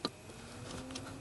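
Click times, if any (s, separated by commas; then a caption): 0.1 s. A wiring harness plug is pushed back onto a newly installed blower motor resistor on a 2003-2011 Ford F150, F250, F350 or F450; these resistors fail from heat building up in their circuit board. A sharp snap at 0.1 s marks the connector clicking in, followed by a low hum and two fainter ticks near 0.9 and 1.0 s. The plug is seated all the way and the job is all set.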